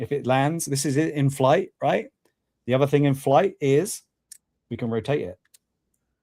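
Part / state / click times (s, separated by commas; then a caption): rotating wing section of a plastic toy starship / seated / 5.6 s. Someone talks while rotating the wing section of a small plastic toy starship into flight mode. A short, sharp click at 5.5 s marks the wing seating into its detent, followed by a fainter tick just before 6 seconds.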